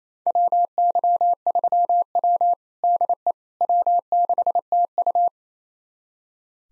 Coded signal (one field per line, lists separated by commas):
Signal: Morse code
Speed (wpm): 28 wpm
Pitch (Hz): 700 Hz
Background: none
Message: WY3W DE W6TU